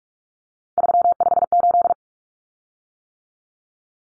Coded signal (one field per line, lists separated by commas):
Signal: Morse code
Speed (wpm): 44 wpm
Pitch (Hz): 700 Hz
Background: none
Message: 358